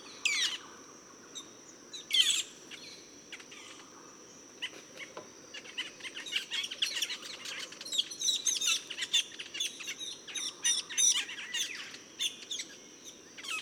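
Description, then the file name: Metallic starling chattering: scattered high squeaks at first, then a dense, uneven stream of chirps, with a steady high-pitched hum throughout. "Aplonis Metallica"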